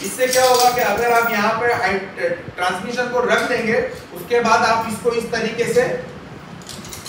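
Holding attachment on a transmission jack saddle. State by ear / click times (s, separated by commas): seated / 6.7 s, 6.9 s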